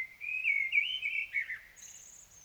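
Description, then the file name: Common blackbird song phrase: a mellow, fluty warble wavering around mid pitch for over a second, then a brief high, thin squeaky flourish to close. "Turdus merula"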